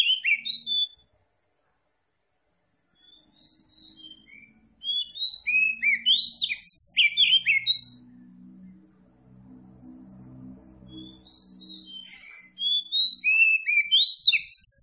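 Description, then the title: Oriental magpie-robin singing bursts of rapid, varied whistles and chirps, pausing between phrases, with a faint low hum in the background midway. Tretes type, described as gacor (singing vigorously). "Kacer Tretes"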